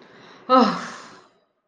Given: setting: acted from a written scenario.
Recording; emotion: vocal sound without words; pride